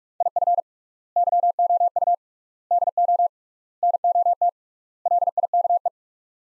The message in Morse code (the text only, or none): IF YOU DO NOT LIKE